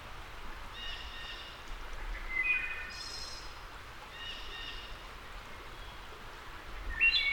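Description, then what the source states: Wood thrush delivering repeated phrases: soft introductory notes, flutelike tones and high tremolo endings, over a steady rushing background. A returning wood thrush singing.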